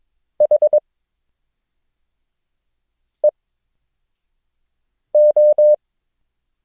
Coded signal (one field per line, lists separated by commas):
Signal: Morse code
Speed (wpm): 22 wpm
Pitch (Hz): 600 Hz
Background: none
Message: H E O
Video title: Morse Code – O, G, Q - lesson 7